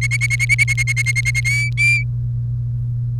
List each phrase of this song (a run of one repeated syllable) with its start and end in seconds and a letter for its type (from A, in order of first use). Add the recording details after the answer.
0.01-1.41 A, 1.45-2.03 B. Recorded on 30 April 2018 at 17:44. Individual llb3